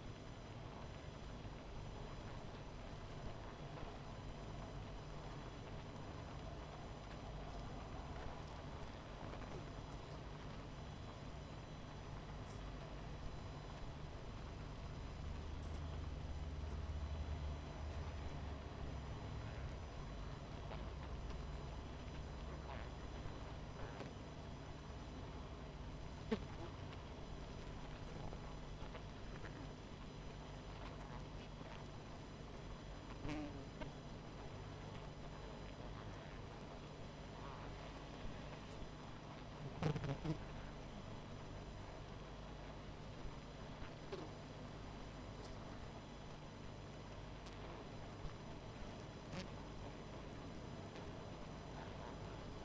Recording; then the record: honeybee colony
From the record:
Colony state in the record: missing queen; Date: 14 July 2017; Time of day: 19:50